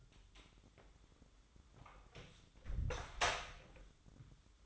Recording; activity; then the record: daily activity, microphone in the room; close door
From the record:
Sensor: 3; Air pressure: 1004.9 hPa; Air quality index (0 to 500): 73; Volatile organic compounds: 2 ppm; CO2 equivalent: 1085 ppm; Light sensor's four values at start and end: 9/20/8/8 and 9/20/8/8